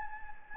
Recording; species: mosquito wingbeat signal from an infrared sensor; Anopheles gambiae